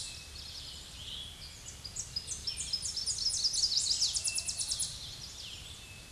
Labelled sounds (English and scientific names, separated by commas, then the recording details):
Tennessee Warbler (Leiothlypis peregrina) song
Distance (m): 25 m
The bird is about 10 m above the microphone
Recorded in a Pennsylvania forest on 16 May 2024 at 07:45
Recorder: AudioMoth, point MSD-2429
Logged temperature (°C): 16.7 °C
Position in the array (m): 82 m, 74 m